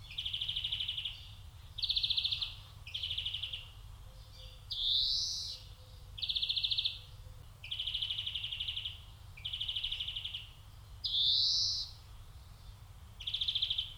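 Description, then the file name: European greenfinch giving a steady series of rattling trills with two rising wheezes, about ten phrases, and a faint low background rumble. "Chloris chloris"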